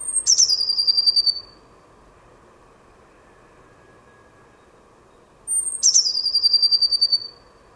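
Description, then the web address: Bird call repeated twice about five seconds apart, each a high thin whistle dropping into a rapid, buzzy pulsed trill; faint hum between calls. "cianscape birddata Deverinetal 2025 Bird Only Cy Ca"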